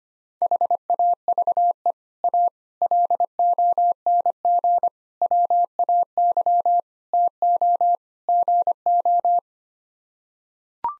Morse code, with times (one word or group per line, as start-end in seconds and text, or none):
0.4-1.9 HAVE
2.2-2.5 A
2.8-4.9 LONG
5.2-6.8 WAY
7.1-8.0 TO
8.3-9.4 GO